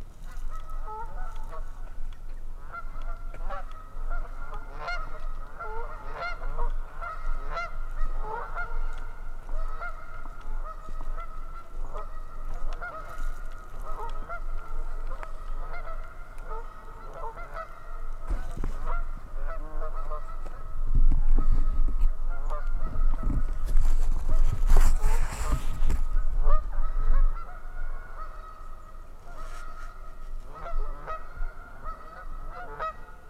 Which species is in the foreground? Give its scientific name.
Branta canadensis